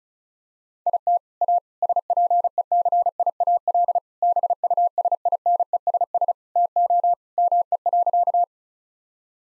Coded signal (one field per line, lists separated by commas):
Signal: Morse code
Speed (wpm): 36 wpm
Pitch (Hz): 700 Hz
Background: none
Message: IT A SPECIAL BUSINESS TO ME.